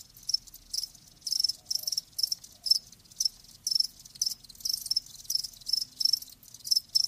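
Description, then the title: Crickets giving high pulsed chirps at a regular pace. Crickets chirping, presented as lulling sleep sounds. "Live Crickets Chirping"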